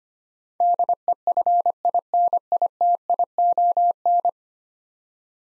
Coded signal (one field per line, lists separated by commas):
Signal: Morse code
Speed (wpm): 25 wpm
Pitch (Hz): 700 Hz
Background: none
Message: DEFINITION